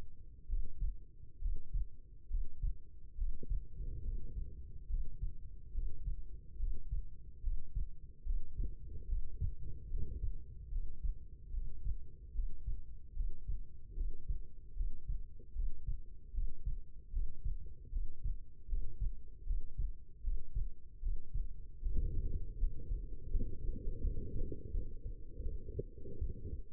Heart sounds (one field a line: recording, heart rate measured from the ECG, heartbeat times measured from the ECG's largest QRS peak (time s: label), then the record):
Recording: heart sounds by stethoscope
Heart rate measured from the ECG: 75 bpm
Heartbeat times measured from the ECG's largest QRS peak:
0.47 s: heartbeat
1.40 s: heartbeat
2.29 s: heartbeat
3.16 s: heartbeat
4.03 s: heartbeat
4.88 s: heartbeat
5.73 s: heartbeat
6.58 s: heartbeat
7.42 s: heartbeat
8.24 s: heartbeat
9.07 s: heartbeat
9.89 s: heartbeat
10.70 s: heartbeat
11.52 s: heartbeat
12.33 s: heartbeat
13.15 s: heartbeat
13.95 s: heartbeat
14.75 s: heartbeat
15.54 s: heartbeat
16.32 s: heartbeat
17.11 s: heartbeat
17.91 s: heartbeat
18.67 s: heartbeat
19.45 s: heartbeat
20.22 s: heartbeat
21.01 s: heartbeat
21.81 s: heartbeat
22.56 s: heartbeat
23.29 s: heartbeat
24.00 s: heartbeat
24.71 s: heartbeat
25.42 s: heartbeat
26.18 s: heartbeat
From the record:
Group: healthy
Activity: Valsalva maneuver 0-21 s, rest 21-27 s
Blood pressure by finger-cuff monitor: 134/85 mmHg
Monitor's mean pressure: 97 mmHg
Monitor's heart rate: 73 bpm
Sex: female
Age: 22 years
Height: 171 cm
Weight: 65.6 kg